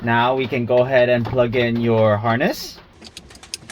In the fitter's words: Just make sure it snaps into place.